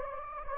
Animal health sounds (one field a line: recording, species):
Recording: mosquito wingbeat signal from an infrared sensor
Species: Anopheles gambiae